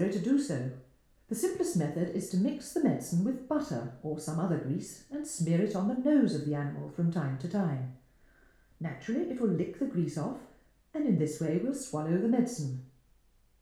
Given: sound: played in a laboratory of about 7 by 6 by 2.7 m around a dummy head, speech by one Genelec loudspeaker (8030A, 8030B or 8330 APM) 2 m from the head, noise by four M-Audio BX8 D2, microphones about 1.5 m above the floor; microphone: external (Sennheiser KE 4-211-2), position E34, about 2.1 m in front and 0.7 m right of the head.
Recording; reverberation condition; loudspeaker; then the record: female speech in English; medium; in front (0 degrees)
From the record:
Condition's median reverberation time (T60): about 510 ms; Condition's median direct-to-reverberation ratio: about -0.5 dB